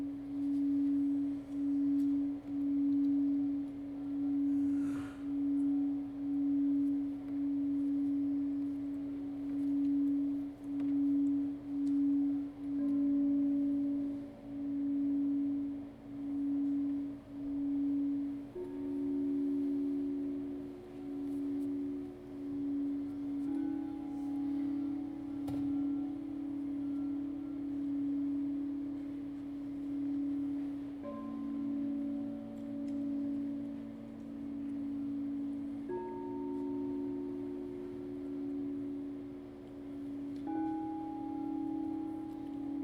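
Crystal bowls sing in a sustained, pulsing low tone, with new higher pitches entering every few seconds and overlapping into a slowly shifting chord.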